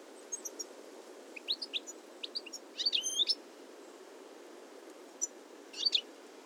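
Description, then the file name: European goldfinch twittering calls, quick liquid notes in a loose series, a tight cluster of louder chattering notes near the middle and another brief burst near the end. "Carduelis carduelis"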